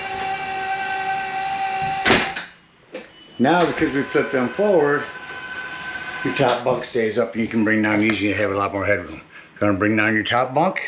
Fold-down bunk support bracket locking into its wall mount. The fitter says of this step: you hear this click in